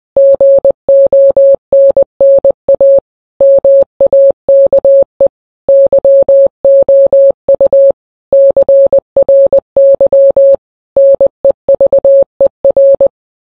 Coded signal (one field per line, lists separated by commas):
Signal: Morse code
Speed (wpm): 20 wpm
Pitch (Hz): 550 Hz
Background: none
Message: GONNA MAKE YOU CRY NEVER